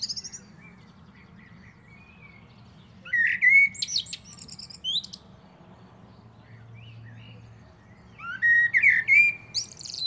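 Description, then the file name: Common blackbird singing two phrases about five seconds apart, each of fluted whistles and high, scratchy twittering, over a steady low hum. "Turdus merula"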